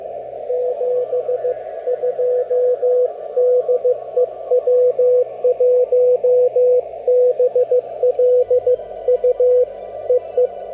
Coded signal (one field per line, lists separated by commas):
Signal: Morse code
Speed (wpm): 15 wpm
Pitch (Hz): 530 Hz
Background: radio noise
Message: 72 DE W1BLU EE